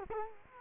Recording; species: mosquito wingbeat signal from an infrared sensor; Culex quinquefasciatus